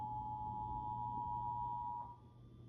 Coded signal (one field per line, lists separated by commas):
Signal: Emergency Alert System (SAME) tones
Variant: 853 and 960 Hz attention tone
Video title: EAS Flash Flood Warning for San Bernardino CA and Clark NV on KSNV #eas #flashfloodwarning